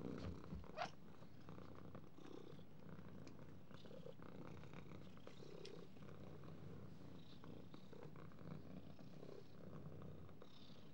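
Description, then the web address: Cat purring steadily, a low continuous rumbling throb that keeps an even rhythm for the whole stretch, with a brief higher sound near the start. "кошки"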